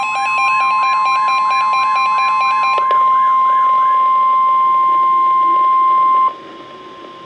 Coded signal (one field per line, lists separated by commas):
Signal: Emergency Alert System (SAME) tones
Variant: 1050 Hz attention tone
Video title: Flash Flood Warning on KEC56 (EAS #1132)